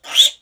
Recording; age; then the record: pig call; piglet (1 to 25 days)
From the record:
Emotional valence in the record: negative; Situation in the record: restrain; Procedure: back test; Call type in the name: high-frequency call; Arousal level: medium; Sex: female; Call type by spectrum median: high-frequency call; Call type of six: high-frequency stable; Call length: 0.42 s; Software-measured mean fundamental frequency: 254 Hz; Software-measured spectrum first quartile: 3366 Hz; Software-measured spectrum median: 3670 Hz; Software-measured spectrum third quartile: 5443 Hz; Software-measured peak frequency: 3425 Hz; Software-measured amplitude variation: 262 dB a second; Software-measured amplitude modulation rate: 5.9 a second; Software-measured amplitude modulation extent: 44.1 dB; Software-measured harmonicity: 9.7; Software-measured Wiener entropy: -2.47